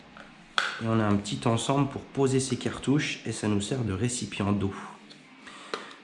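A plastic tattoo ink cup is pressed into a new plastic cartridge-holder stand and snaps into place with a sharp, short click at 0.6 s. Someone then talks over the rest of the clip, and a softer brief tap is heard near 5.7 s.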